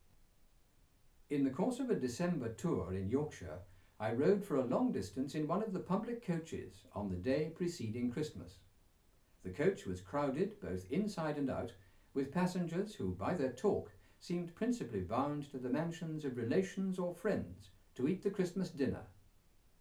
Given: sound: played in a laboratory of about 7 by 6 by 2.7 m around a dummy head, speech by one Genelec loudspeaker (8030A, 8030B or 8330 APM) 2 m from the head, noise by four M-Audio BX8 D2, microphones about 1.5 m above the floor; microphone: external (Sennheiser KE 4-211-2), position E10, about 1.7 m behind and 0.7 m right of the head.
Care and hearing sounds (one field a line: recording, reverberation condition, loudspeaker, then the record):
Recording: male speech in English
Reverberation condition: low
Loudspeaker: 90 degrees to the right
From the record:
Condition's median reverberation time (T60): about 310 ms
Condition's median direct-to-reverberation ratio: about 3.5 dB